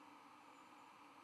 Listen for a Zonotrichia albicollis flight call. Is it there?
no